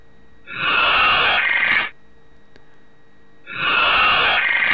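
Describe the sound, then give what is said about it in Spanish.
Two long, raspy creature calls in the style of a dinosaur sound effect, each a breathy, hissing roar of over a second, separated by a short quiet pause, with no talking. “Esto es un Wanlong, que por otro lado te pueden haber colado nombres que no existen.”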